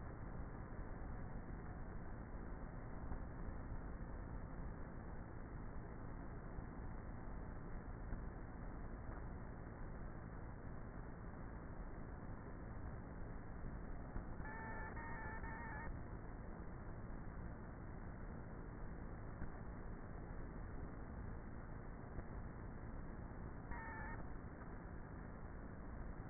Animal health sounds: honeybee colony, microphone inside the hive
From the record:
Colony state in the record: queenless with a low population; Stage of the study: before two queens were removed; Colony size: about 30,000 bees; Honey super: no

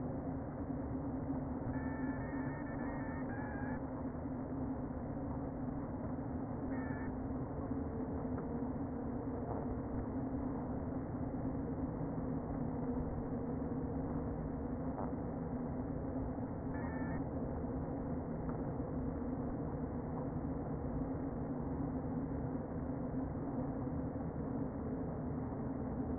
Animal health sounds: honeybee colony, microphone inside the hive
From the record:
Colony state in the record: queen present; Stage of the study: before two queens were removed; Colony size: about 60,000 bees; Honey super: yes

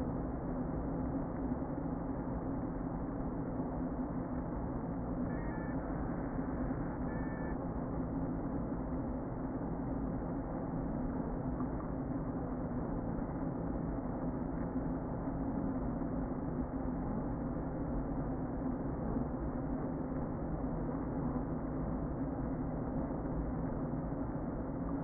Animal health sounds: honeybee colony, microphone inside the hive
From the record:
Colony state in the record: queen present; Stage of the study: before two queens were removed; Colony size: about 60,000 bees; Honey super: yes

